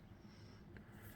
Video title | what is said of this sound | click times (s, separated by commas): Jeep JK 2013 Bumper and lights are done video #1820 | there we go just had to push that in a little bit all right now then she snapped back in | 0.8 s